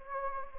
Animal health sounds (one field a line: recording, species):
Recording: mosquito wingbeat signal from an infrared sensor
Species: Anopheles gambiae